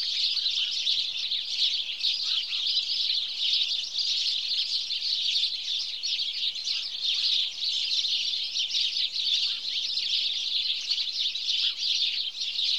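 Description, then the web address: Flock of house sparrows calling at once, a thick, even chatter of bright chirps running start to finish. "BBC Sound Effects Library (Birds) House Sparrow (Passer Domesticus)"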